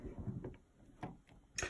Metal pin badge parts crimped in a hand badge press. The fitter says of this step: and you'll feel it almost click into place